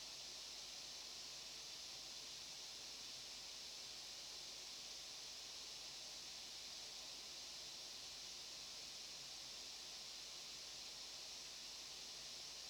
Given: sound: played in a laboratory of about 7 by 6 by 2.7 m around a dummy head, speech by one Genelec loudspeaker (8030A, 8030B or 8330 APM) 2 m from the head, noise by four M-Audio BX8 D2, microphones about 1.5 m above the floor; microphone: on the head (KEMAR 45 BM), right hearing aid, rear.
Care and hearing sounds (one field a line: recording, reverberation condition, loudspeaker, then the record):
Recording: white noise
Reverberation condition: low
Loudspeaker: four, about 170 cm from the corners of the room and facing them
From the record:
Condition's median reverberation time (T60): about 310 ms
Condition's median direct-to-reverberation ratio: about 3.5 dB